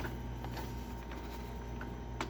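The plastic cover over the maintenance box compartment on the rear of an Epson L5590 inkjet printer is put back and pushed into place over a steady low hum. Faint taps come at 0.4 s and 1.8 s, and the cover snaps shut at 2.2 s, seated.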